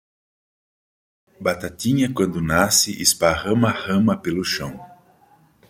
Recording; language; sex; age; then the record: short text; Brazilian Portuguese; male; 60 to 69 years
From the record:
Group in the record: control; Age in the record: 65 years